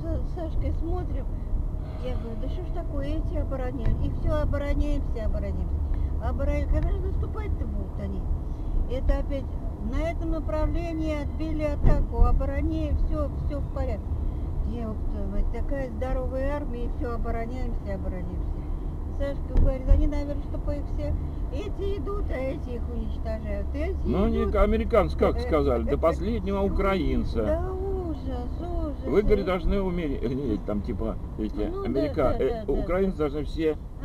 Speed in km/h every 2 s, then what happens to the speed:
22, 24, 26, 27, 28, 27, 27, 28, 28, 29, 28, 27, 26, 25, 24, 20, 16.
0-8 speeds up to 28. 8-29 steady at about 27. 29-34 slows to 16.